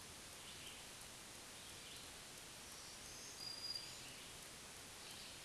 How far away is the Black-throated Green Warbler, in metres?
about 40 m